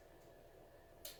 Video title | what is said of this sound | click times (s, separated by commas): SaberKraft Flame reveal | snapped into place very well. | 1.0 s